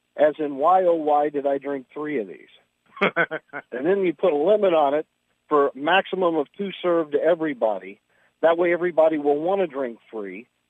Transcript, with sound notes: as in, 'Why, oh, why did I drink three of these?'" (laughs) "And then you put a limit on it for maximum of two served to everybody. That way, everybody will want a drink free.